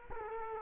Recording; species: mosquito wingbeat signal from an infrared sensor; Culex quinquefasciatus